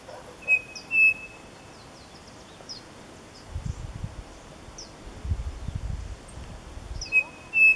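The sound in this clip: Bird calls: thin high whistles near the start and end, with scattered faint chirps higher up, over low rumbling noise in the middle.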